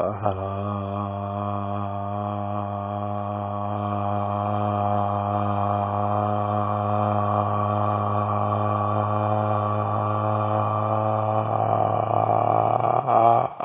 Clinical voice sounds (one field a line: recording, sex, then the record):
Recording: sustained vowel /a/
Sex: male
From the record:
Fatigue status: no fatigue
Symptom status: symptomatic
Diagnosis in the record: COVID-19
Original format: 3gp